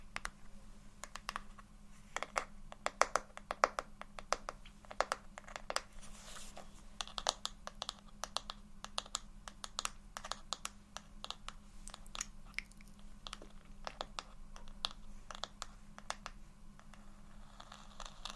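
Soft, gentle tapping and scratching: quick, sharp taps land irregularly and densely across the whole stretch, with a few brief brushing, scratchy passages around the six-second mark. A low, steady hum sits underneath throughout.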